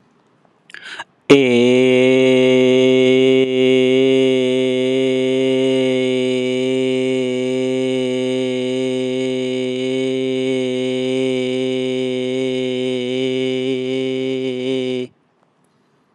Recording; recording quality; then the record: sustained vowel as in made; excellent, no background noise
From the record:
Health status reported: healthy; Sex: male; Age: 29 years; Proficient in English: yes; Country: India